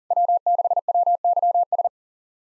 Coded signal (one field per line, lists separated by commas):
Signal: Morse code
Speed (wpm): 40 wpm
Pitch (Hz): 690 Hz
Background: none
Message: W6WYS